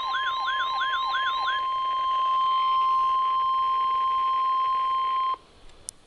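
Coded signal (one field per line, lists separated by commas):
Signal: Emergency Alert System (SAME) tones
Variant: 1050 Hz attention tone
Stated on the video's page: Flash Flood Warning from NWS Mount Holly, recorded from Midland WR-100 and RadioShack 12-993 and 12-382 weather radios.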